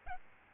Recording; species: mosquito wingbeat signal from an infrared sensor; Aedes albopictus